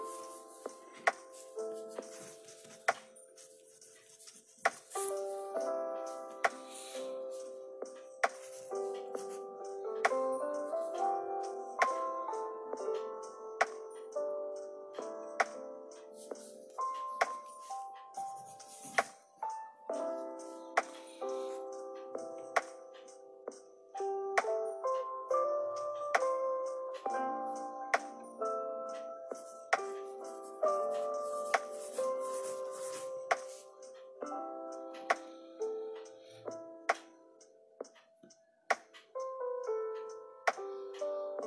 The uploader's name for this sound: Lofi study with me with pencil, page flipping and typing ASMR